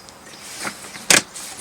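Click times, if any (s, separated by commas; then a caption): 1.1 s. A plastic air vent cover with magnets is pushed onto the roof fan vent of a van, a Solis Pocket, to cut road noise on the highway. After some faint rustling and light handling, a sharp snap at 1.1 seconds marks the cover seating snugly in place.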